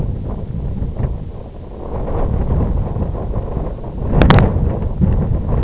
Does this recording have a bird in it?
no